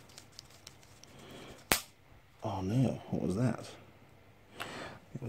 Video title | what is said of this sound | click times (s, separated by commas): Fixing up the farm bike - day 1 #1860 | Oh what was that it was just clicking into place fortunately right | 1.7 s